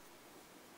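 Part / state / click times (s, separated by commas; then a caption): modular wall socket module into its plastic mounting frame / not seated / none. A single modular wall socket module is handled as it is pushed back toward its plastic mounting frame, to be held again by the frame's plastic locking hooks. Only a steady, broadband hiss is heard. Nothing has seated or clicked yet.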